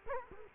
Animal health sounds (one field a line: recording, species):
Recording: mosquito wingbeat signal from an infrared sensor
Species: Culex quinquefasciatus